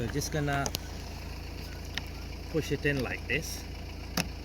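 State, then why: Seated. A number plate lamp on a Toyota Auris tailgate is pushed by hand into its plastic mounting while someone talks over a steady low hum. A sharp click at 4.2 s marks the lamp seating in place.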